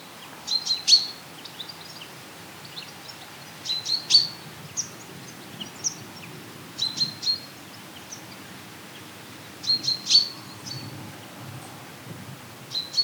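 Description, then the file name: Common chaffinch giving short high clusters of sharp notes, two or three at a time, repeated every few seconds against soft steady noise. "Fringilla coelebs"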